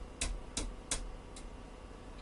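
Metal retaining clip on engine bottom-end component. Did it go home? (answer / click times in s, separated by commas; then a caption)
yes / 0.2 s, 0.6 s, 0.9 s. A small metal retaining clip on an engine bottom-end component is tapped with a body hammer. Three sharp metallic taps ring out at 0.2, 0.6 and 0.9 seconds, followed by a fainter fourth tap near 1.4 seconds. The clip snaps back into place.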